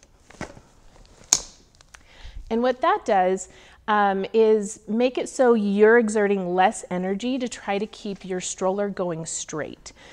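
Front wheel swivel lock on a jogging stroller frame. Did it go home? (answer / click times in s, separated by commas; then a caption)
yes / 1.3 s. On a jogging stroller, the front swivel wheel is locked in a fixed straight position, giving a single sharp click at 1.3 s as the lock engages. A few faint small ticks surround it, and then someone talks.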